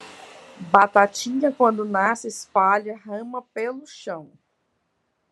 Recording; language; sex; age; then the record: short text; Brazilian Portuguese; female; 40 to 49 years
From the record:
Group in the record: control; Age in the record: 49 years